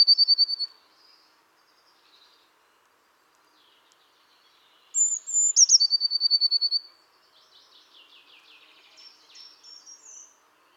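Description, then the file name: Eurasian blue tit: a trill ending, then one full phrase of high thin whistle and quick buzzy trill, followed by faint scattered high notes. "Cyanistes caeruleus"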